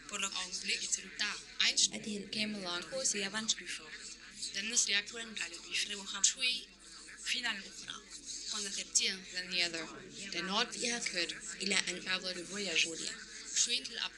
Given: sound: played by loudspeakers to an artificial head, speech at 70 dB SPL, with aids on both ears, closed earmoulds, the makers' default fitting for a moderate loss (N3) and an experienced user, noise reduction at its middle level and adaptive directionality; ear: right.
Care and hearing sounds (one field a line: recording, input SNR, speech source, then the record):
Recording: speech test signal (ISTS) in cocktail-party noise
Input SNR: +3 dB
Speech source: on the right (90 degrees)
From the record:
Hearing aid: class 1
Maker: H